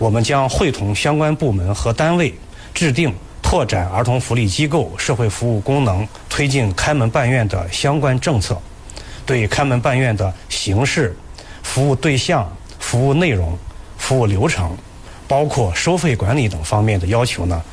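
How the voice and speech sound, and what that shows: A man speaks Mandarin fluently in a steady, clear voice at an even pace, with brief pauses; normal adult speech.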